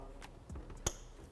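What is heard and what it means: The last small wiring connector is pushed up into the gray fitting in the corner of an Alpharex Nova Series LED headlight housing on a 2021-2023 F-150. After a few faint taps and a low thump, it snaps in with one sharp click at 0.9 s and is seated.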